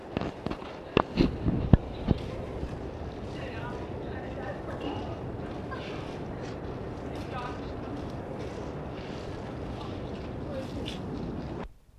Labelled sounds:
Leopard call
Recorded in captivity
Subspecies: japonensis
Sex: female
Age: adult
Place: Tierpark Berlin, Berlin, DE
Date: 1965-12-05 11:30
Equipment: Uher 4000 Report-S, Transistorverstärker II, Sennheiser MD 421
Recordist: Tembrock, Günter
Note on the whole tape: China-Leopard. Weibchen (isoliert gehalten): Rufe und Rufreihen. Abstand: 10 m

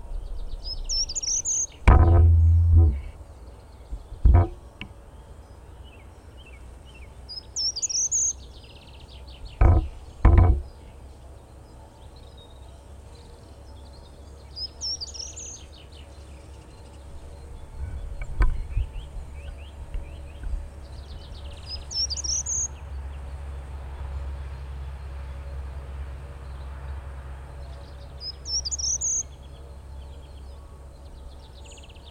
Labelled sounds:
Common Chaffinch song
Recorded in the wild
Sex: male
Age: adult
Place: Freiburg, Baden-Württemberg, DE
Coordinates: 47.9842, 7.87667
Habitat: park
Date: 1960-03-24
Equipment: Vollspur
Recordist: Thielcke, Gerhard

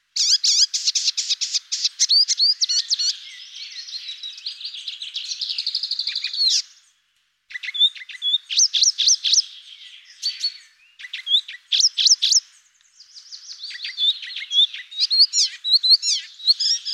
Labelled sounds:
Icterine Warbler song
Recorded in the wild
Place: Braslawskiye, BY
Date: 2005-05-19
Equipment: Minidisc Sony MZ-R35, Telinga DAT, Telinga-Parabolspiegel
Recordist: Schwarz, Dieter

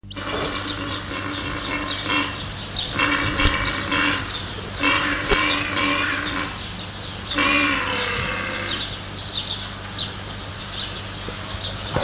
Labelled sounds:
Père David's Deer call
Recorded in captivity
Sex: male
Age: adult
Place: Zoo Berlin, Berlin, DE
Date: 1984-08-03 13:18
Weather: sunny, 18°C
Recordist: Tembrock, Günter

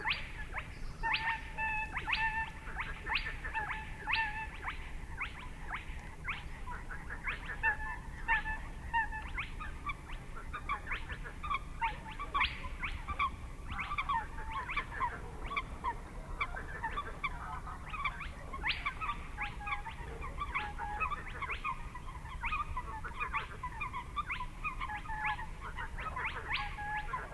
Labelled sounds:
Spotted Crake
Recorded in the wild
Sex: male
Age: adult
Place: Schwedt/Oder, Nationalpark Unteres Odertal, Brandenburg, DE
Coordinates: 53.1327, 14.3497
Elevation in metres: 1
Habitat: wetland
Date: 2015-04-23
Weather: clear, 4°C, almost windless
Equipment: Sound Devices 702, Sennheiser MKH 70, Rycote Windschutz
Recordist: Frommolt, Karl-Heinz

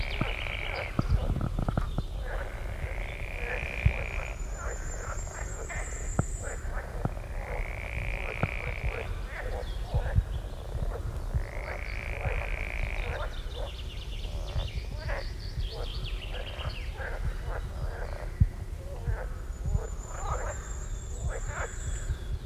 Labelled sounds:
Edible Frog call
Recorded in the wild
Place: Feldberg - Lüttenhagen, Mecklenburgische Seenplatte, Mecklenburg, DE
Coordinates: 53.3333, 13.3833
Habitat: beech forest
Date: 1976-06-23 17:53
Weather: diesig, 22°C
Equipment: Uher CR 210, Sennheiser MD 421 HL, Verstärker, Reflektor, Kopie Uher 4200
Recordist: Tembrock, Günter

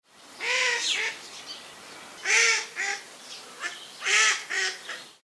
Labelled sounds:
Meller's Duck
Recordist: Tembrock, Günter
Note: Rufe

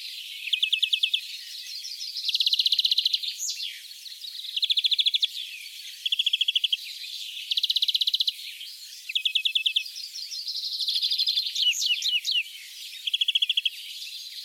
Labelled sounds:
European Greenfinch song
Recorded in the wild
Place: Kaiserstuhl, Baden-Württemberg, DE
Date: 1981-05-16
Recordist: Schwarz, Dieter
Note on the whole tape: Song

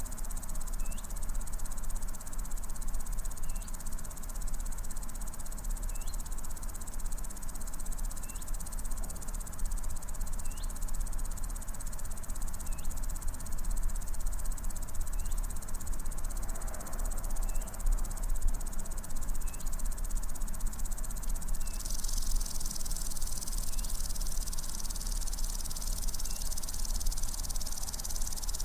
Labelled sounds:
Common Green Grasshopper stridulation
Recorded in the wild
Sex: male
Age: imago
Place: Ose, Setesdal, NO
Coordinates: 58.9436, 7.69222
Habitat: meadow
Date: 1992-08-08 17:50
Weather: sunny, 22°C
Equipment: Sony WM-D6C, Sennheiser ME 80, K 30 AV
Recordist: Frommolt, Karl-Heinz
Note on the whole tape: Wiese auf Zeltplatz Ose: Gesang von zwei Heuschrecken (ursprünglich fälschlicherweise als Warzenbeißer geführt) mit Annäherung eines Weibchens. Detaillierte Angaben zum Verhalten

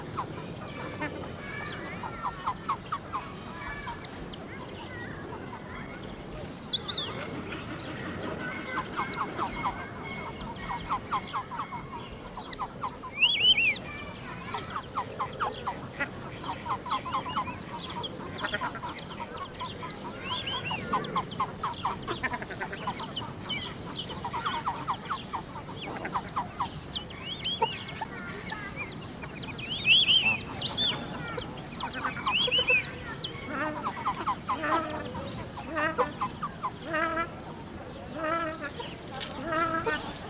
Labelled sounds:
Yellow-billed Duck call
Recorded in captivity
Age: adult
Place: Zoo Halle, Sachsen-Anhalt, DE
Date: 1987-04-11
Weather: fair, 7-10°C
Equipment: Nagra SN, Kopie Tesla B 116
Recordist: Tembrock, Günter

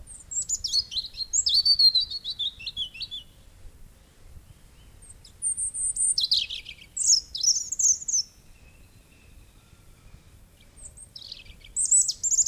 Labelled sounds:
European Robin song
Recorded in the wild
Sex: male
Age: adult
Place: Erlangen, Bayern, DE
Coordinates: 49.6086, 10.9697
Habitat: wet woodland
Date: 1961-04-16
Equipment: Stellavox SM 4, Original, Vollspur
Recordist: Tretzel, Erwin

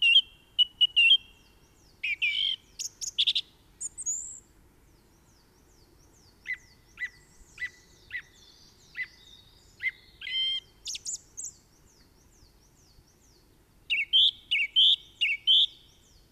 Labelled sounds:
Song Thrush song
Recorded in the wild
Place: Kaiserslautern, Rheinland-Pfalz, DE
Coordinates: 49.44, 7.74917
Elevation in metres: 254
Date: 1974-03-26
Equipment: Nagra IV, Sennheiser MKH 405, Parabolreflektor
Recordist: Tretzel, Erwin

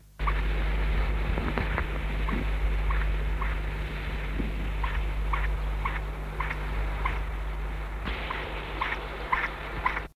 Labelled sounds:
Eurasian Hoopoe begging call
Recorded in the wild
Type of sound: begging call
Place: Unterplatten bei Ritten, Südtirol, IT
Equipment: Halbspur, 9,5 cm/s
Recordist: Lütgens, Hans
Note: Bettellaut

